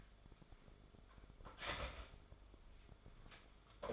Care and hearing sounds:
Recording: daily activity, microphone in the room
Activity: start toaster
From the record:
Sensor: 5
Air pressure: 1014.8 hPa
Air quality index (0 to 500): 201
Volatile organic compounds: 9 ppm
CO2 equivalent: 2144 ppm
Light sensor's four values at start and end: 15/36/14/13 and 15/36/14/12

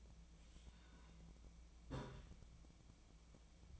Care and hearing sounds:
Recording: daily activity, microphone in the room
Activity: take from stove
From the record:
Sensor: 1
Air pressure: 1009.9 hPa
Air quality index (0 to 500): 188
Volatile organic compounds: 17 ppm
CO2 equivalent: 2581 ppm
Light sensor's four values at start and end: 37/95/40/49 and 37/94/40/48

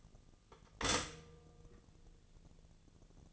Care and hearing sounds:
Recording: daily activity, microphone in the room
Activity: stop toaster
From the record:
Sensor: 4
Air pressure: 1001.1 hPa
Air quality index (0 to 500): 158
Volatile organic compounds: 2 ppm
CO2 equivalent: 1157 ppm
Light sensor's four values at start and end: 18/41/18/19 and 18/41/18/19

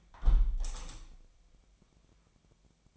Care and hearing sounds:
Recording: daily activity, microphone in the room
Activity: close window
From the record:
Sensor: 1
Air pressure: 1015.0 hPa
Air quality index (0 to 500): 53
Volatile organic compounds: 1 ppm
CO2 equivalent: 716 ppm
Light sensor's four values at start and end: 10/25/10/11 and 10/25/10/11

